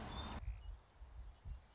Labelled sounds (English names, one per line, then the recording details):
Song Sparrow
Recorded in Sonoma County, California